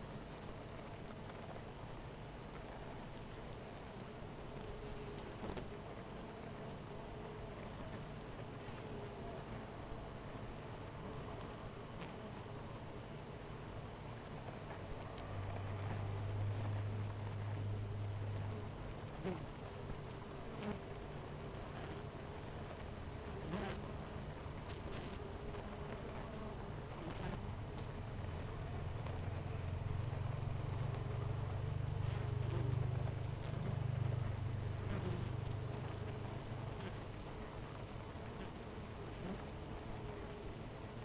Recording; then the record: honeybee colony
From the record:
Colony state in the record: missing queen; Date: 14 July 2017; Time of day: 10:10